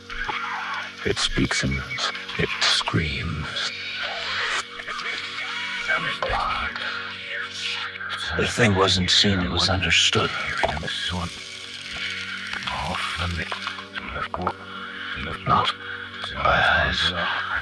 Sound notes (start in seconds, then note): 3.8 prolonged static, scraping noises, followed by distant sobbing; 3.8 voice growing louder, strained, rapid; 10.5 pause, breathing heavily